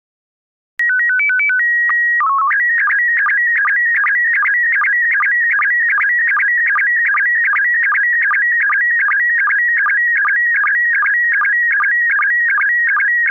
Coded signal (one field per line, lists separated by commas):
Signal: SSTV (slow-scan television)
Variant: PD 50